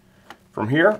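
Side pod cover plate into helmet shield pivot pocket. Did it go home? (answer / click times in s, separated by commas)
yes / 0.3 s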